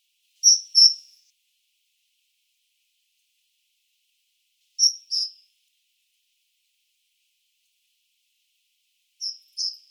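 Great tit giving clear, high paired notes, each pair a quick double whistle, repeated three times about every four seconds against silence.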